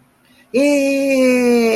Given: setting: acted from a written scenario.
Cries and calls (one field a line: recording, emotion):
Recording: vocal sound without words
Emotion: elation